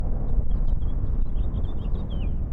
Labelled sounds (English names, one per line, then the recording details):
House Finch song
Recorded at Neponsit on Long Island, New York, on 4 June 1975
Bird C